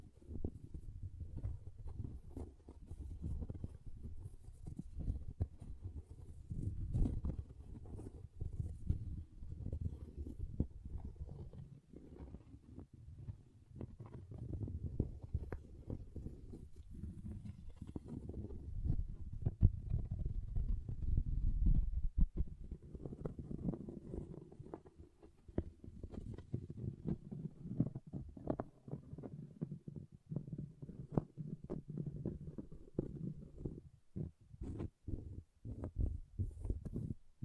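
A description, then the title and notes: An object scratching and scraping, a low, rough rumble running the full length with many short crackling strokes layered on top. It swells and grows busiest between about 20 and 30 seconds, then thins into more scattered, separate scrapes toward the end. ASMR Brain Melting Object Scratching (No Talking).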